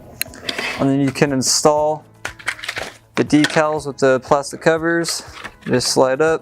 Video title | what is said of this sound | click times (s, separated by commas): Rainbow E2 Loose Motor Fix: Gold, Blue & Black 2-Speed Models - GreatVacs | then this is the fun part, just push down until it snaps. | 0.2 s, 0.5 s